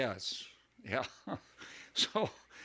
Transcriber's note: he laughs